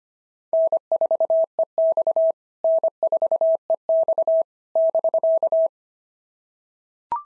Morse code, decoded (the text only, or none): N4EX N4EX <BK>